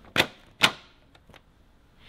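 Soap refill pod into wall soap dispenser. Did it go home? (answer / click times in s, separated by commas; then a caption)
yes / 0.6 s. A plastic soap refill pod is pushed into an ADX manual wall soap dispenser after an earlier incorrect load. A sharp hit at about 0.2 s is followed by a louder sharp click at 0.6 s as the pod seats, then two faint taps near 1.2 and 1.4 s.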